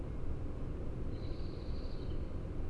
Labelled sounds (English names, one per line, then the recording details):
Common Blackbird
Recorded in Germany
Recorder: ecoPi